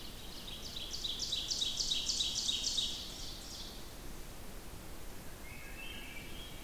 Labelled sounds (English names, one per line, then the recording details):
Ovenbird song
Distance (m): 45 m
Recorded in boreal forest in Alberta, Canada, on 14 June 2016 at 05:47
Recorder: SongMeter 3, array SBT-3-33
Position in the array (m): 288 m, 297 m
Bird 22